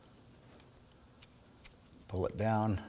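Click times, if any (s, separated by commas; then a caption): none. The wiring harness electrical connector is lined up on the vehicle speed sensor of a 2008–2011 Ford Focus before being pulled down. Faint light ticks of handling come at about 1.2 and 1.7 seconds over quiet background, then someone talks near the end. The connector has not clicked into place yet.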